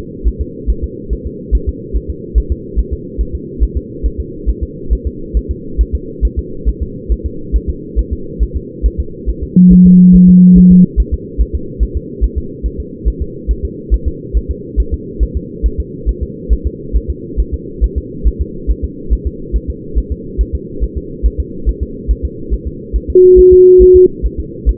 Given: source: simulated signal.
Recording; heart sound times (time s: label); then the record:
fetal heart sounds
0.28 s: S1
0.42 s: S2
0.70 s: S1
0.84 s: S2
1.13 s: S1
1.27 s: S2
1.55 s: S1
1.69 s: S2
1.96 s: S1
2.10 s: S2
2.38 s: S1
2.52 s: S2
2.79 s: S1
2.93 s: S2
3.21 s: S1
3.35 s: S2
3.63 s: S1
3.77 s: S2
4.06 s: S1
4.20 s: S2
4.49 s: S1
4.63 s: S2
4.93 s: S1
5.07 s: S2
5.37 s: S1
5.51 s: S2
5.81 s: S1
5.95 s: S2
6.25 s: S1
6.39 s: S2
6.69 s: S1
6.83 s: S2
7.12 s: S1
7.26 s: S2
7.56 s: S1
7.70 s: S2
7.99 s: S1
8.13 s: S2
8.43 s: S1
8.57 s: S2
8.86 s: S1
9.00 s: S2
9.29 s: S1
9.43 s: S2
9.73 s: S1
9.87 s: S2
10.15 s: S1
10.29 s: S2
10.58 s: S1
10.72 s: S2
11.00 s: S1
11.14 s: S2
11.41 s: S1
11.55 s: S2
11.83 s: S1
11.97 s: S2
12.24 s: S1
12.38 s: S2
12.66 s: S1
12.80 s: S2
13.08 s: S1
13.22 s: S2
13.51 s: S1
13.65 s: S2
13.94 s: S1
14.08 s: S2
14.37 s: S1
14.51 s: S2
14.80 s: S1
14.94 s: S2
15.23 s: S1
15.37 s: S2
15.66 s: S1
15.80 s: S2
16.09 s: S1
16.23 s: S2
16.53 s: S1
16.67 s: S2
16.96 s: S1
17.10 s: S2
17.40 s: S1
17.54 s: S2
17.84 s: S1
17.98 s: S2
18.27 s: S1
18.41 s: S2
18.70 s: S1
18.84 s: S2
19.13 s: S1
19.27 s: S2
19.56 s: S1
19.70 s: S2
19.98 s: S1
20.12 s: S2
20.41 s: S1
20.55 s: S2
20.84 s: S1
20.98 s: S2
21.26 s: S1
21.40 s: S2
21.69 s: S1
21.83 s: S2
22.11 s: S1
22.25 s: S2
22.54 s: S1
22.68 s: S2
22.96 s: S1
23.10 s: S2
23.39 s: S1
23.53 s: S2
23.82 s: S1
23.96 s: S2
24.26 s: S1
24.40 s: S2
24.69 s: S1
From the record:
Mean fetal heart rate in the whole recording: 140 bpm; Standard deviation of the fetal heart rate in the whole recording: 2 bpm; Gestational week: 34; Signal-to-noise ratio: -4.3 dB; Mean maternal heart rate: 72 bpm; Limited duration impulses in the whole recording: present